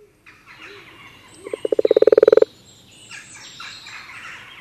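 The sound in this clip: Common toad croaking: one rapid pulsed trill of about a second, low and rattling, with faint birdsong around it.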